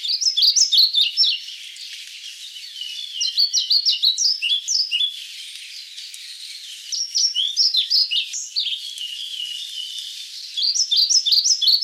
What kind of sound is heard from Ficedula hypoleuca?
song